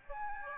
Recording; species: mosquito wingbeat signal from an infrared sensor; Aedes albopictus